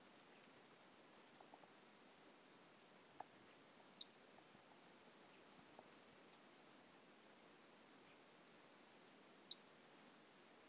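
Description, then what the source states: Three-toed pumpkin toadlet uttering two isolated, high, tiny pips several seconds apart, with faint clicks against a quiet hissing background. Individual 13, not collected, recorded by LF Ribeiro on 10 March 2016.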